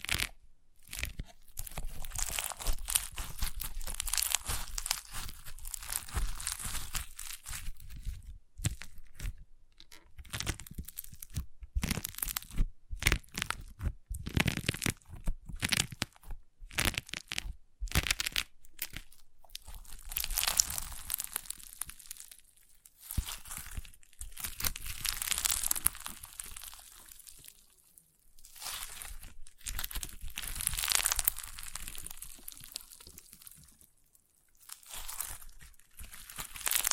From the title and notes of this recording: ASMR Satisfying Crunchy Slime (No Talking).